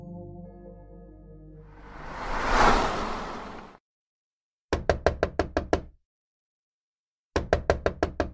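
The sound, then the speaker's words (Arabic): Loud, rough knocking on a door at three in the morning comes in two rapid bursts of about eight heavy blows each, after a low droning hum that swells into a rushing whoosh and then cuts to silence. “هناك من يقرع الباب في فظاظة.”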